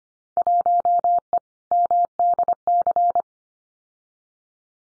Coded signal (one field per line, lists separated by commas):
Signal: Morse code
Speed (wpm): 25 wpm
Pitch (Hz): 700 Hz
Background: none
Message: 1E MDC